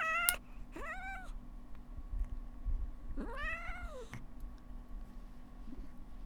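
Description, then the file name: Domestic cat meowing: a short sharp note, then two complaining meows that rise and fall, over a steady low hum and rumble. Angry domestic cat. "temawas mad-cat"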